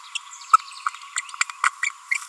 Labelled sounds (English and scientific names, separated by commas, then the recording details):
Green-rumped Parrotlet (Forpus passerinus) babbling
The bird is a female
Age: 30 days
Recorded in a nest box in Venezuela
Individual 17B42A4